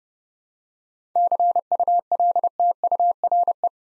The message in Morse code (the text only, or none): CULTURE